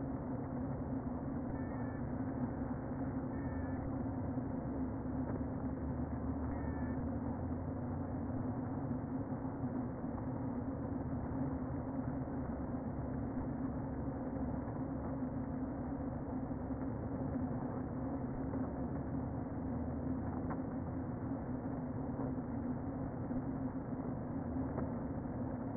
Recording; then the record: honeybee colony, microphone inside the hive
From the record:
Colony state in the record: queen present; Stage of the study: before two queens were removed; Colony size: about 60,000 bees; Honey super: yes